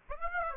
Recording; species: mosquito wingbeat signal from an infrared sensor; Aedes aegypti